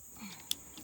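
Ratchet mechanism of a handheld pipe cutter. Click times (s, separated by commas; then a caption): 0.5 s. A ratcheting plastic-pipe cutter is opened all the way until its ratchet mechanism clicks back into its reset position. A single sharp click sounds at 0.5 s over a quiet background. The cutter is reset and seated.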